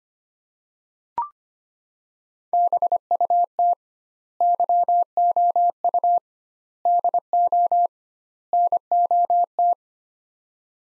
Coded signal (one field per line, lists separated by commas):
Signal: Morse code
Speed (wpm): 25 wpm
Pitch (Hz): 700 Hz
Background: none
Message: BUT YOU DO NOT